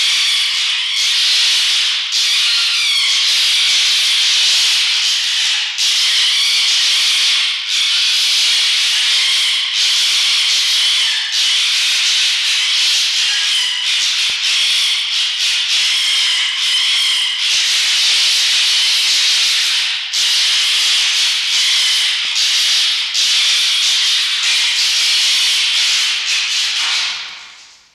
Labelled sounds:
Red Fox
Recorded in captivity
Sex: female
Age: adult
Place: Zoologisches Institut der HUB, Berlin, DE
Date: 1953-03-04 18:25
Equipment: Elmetra
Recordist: Tembrock, Günter

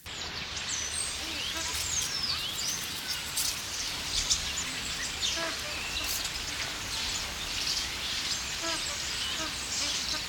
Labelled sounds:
White-faced Whistling Duck
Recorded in captivity
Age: adult
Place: Zoo Berlin, Berlin, DE
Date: 1993-08-28 12:07
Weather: 12-15°C, heiter
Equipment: Marantz CP 430, Sennheiser MKH 416 T, Kopie Uher Variocord 263
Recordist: Tembrock, Günter

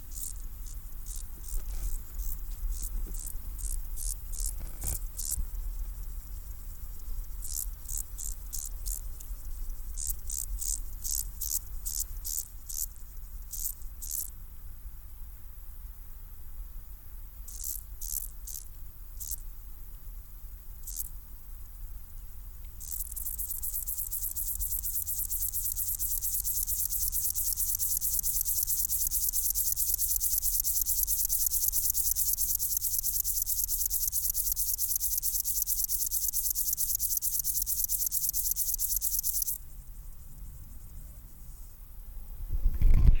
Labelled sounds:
Upland Field Grasshopper stridulation
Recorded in the wild
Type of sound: stridulation
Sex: male
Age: imago
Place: Botanische Anlage Blankenfelde, Berlin, DE
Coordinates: 52.603, 13.4
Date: 1996-08-24 14:10
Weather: sonnig, 24°C
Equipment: Sony MD-WM MZ-R3, Sennheiser MKH 416 T, Kopie Uher 4000 Report Monitor
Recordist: Tembrock, Günter
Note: Männchen: nachdem Weibchen abgesprungen, "Suchlaute", dann Strophe (sehr gut)

